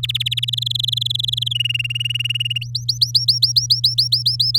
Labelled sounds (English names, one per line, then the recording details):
Domestic Canary song
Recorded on 9 May 2018 at 06:22
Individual llb16